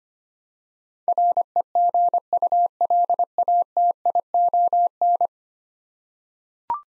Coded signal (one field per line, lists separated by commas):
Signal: Morse code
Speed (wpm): 25 wpm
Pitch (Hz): 700 Hz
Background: none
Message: REGULATION